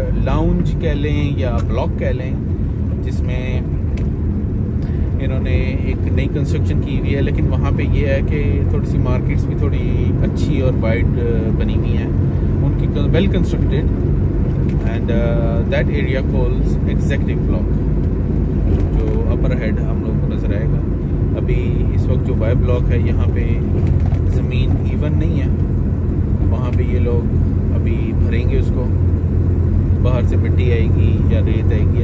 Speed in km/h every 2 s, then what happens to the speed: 24, 25, 27, 29, 29, 30, 31, 33, 33, 31, 29, 28, 28, 28, 29, 29.
0-14 speeds up to 33. 14-32 steady at about 29.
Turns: none.